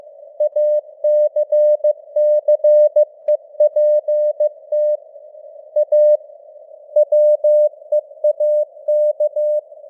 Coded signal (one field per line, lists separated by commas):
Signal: Morse code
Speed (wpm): 15 wpm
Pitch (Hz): 600 Hz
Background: none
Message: ACCEPT A WEAK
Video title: Morse Code News | 2026-01-02 | 15wpm